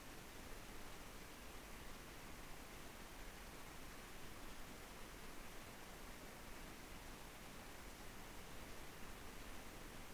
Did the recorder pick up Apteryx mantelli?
no